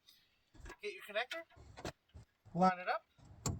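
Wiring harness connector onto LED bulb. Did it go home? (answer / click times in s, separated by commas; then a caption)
no / none. Someone talks while lining up a wiring harness connector with an LED bulb during an LED conversion on a 2017 Subaru Forester, with light handling noise and a brief sharp transient near 3.5 s. The connector has not yet been pushed onto the bulb, and nothing has seated or clicked yet.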